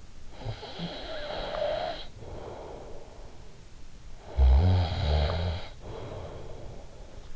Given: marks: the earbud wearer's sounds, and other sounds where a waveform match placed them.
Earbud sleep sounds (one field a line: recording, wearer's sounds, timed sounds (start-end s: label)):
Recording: sounds in sleep by an in-ear microphone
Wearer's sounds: snoring breath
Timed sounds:
0.16-7.36 s: snoring breath